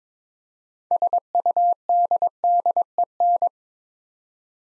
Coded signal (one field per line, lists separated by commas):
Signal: Morse code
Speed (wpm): 22 wpm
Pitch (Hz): 700 Hz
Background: none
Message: SUDDEN